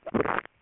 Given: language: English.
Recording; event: throat vibration sensor signal played as sound; swallow